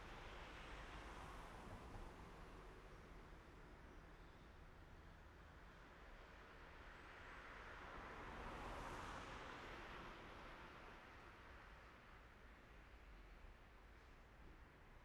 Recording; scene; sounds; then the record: everyday scene through a hearing-aid microphone; in traffic; traffic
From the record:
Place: main road on the outskirts, rush hour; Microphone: behind the ear, right, front